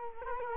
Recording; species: mosquito wingbeat signal from an infrared sensor; Culex quinquefasciatus